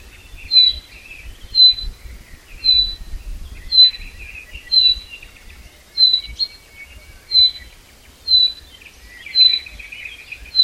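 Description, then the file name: Common chaffinch calling steadily, one sharp high note each second, accompanied by gentle lower chirps. "Fringilla coelebs"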